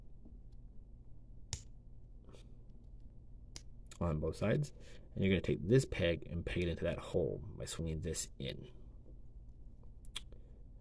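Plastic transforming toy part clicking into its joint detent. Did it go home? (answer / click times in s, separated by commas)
yes / 1.5 s, 3.6 s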